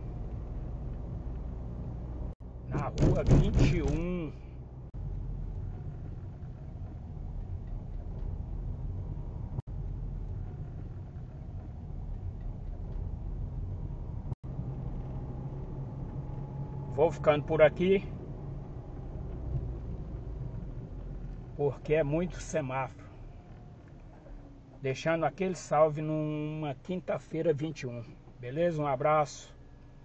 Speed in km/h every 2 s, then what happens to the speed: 39, 38, 36, 33, 34, 36, 37, 40, 40, 31, 22, 3, 0, 0, 0.
0-6 slows to 33. 6-16 speeds up to 40. 16-23 brakes to 0. 23-30 standing.